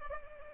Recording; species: mosquito wingbeat signal from an infrared sensor; Culex pipiens